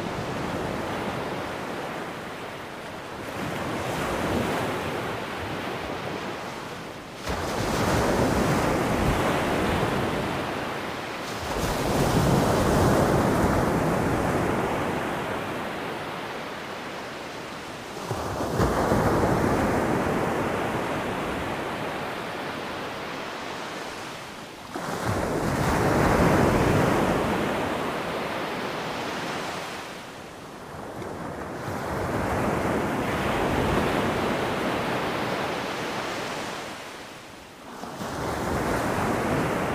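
Ocean waves roll in and wash back in a steady, unhurried cycle, one breaking roughly every six or seven seconds. Each arrives as a full, hissing surge that thins into a fizzing retreat. A soft wind rush stays underneath throughout.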